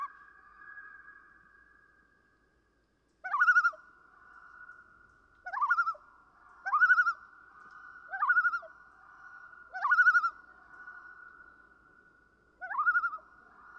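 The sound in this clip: Common loon: six quavering phrases, each a sharp upward slide into a brief tremolo, separated by a lingering tone.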